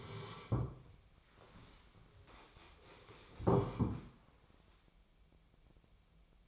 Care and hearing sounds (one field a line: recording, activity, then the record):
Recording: daily activity, microphone in the room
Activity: sit down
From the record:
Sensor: 1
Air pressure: 1015.2 hPa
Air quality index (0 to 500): 191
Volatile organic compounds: 20 ppm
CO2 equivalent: 2674 ppm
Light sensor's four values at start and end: 12/30/12/13 and 12/30/12/13